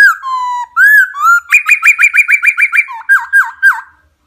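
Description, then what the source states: Laughingthrush song, a fluid whistled phrase followed by a brisk run of clipped notes and a few falling slurred notes. Song in the 'giọng rừng' (wild voice) style.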